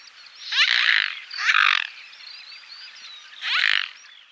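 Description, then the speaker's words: Mute Swan hisses, three harsh breathy bursts each about half a second long. Voice limited to an assortment of unmusical grunts and hisses; not as silent as its name suggests. "Although the mute swan is not as silent as its name suggests, its voice is limited to an assortment of unmusical grunts and hisses."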